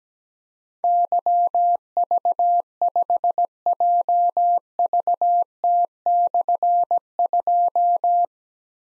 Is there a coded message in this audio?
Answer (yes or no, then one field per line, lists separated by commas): yes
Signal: Morse code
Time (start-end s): 0.8-8.3 s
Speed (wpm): 17 wpm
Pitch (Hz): 700 Hz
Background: none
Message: YV5JVT/2